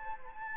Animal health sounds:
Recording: mosquito wingbeat signal from an infrared sensor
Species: Anopheles gambiae

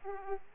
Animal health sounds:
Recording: mosquito wingbeat signal from an infrared sensor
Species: Aedes aegypti

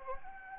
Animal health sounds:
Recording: mosquito wingbeat signal from an infrared sensor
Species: Anopheles gambiae

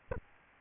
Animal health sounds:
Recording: mosquito wingbeat signal from an infrared sensor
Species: Aedes albopictus

